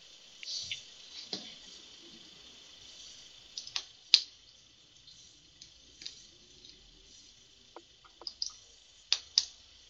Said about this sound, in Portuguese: Digitando, calma.